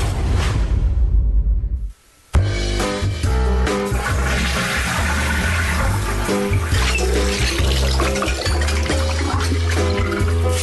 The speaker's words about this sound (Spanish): Los sonidos del agua están presentes en todo momento de tu vida.